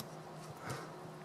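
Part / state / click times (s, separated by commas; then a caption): armor piece onto action figure body / not seated / none. A metal/plastic armor piece, most likely the shoulder piece, is handled while being fitted onto a GreatToys Saint Seiya EX Scorpion Milo collectible action figure body. Only soft, steady handling noise is heard, with a slight swell around 0.7 s. The piece has not yet seated or clicked into place.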